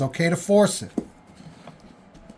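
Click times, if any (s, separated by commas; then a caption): none. Someone talks while the metal door on an Eclair ACL film camera magazine is pushed down under pressure and its latch is turned, with a short sharp tap near 1.0 s and faint handling ticks around 1.7 s. The latch has not clicked closed and nothing has seated yet.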